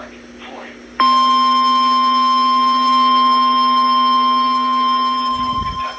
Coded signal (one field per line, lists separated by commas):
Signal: Emergency Alert System (SAME) tones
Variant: 1050 Hz attention tone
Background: speech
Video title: Required Weekly Test on NWR (EAS #43) 2022/07/27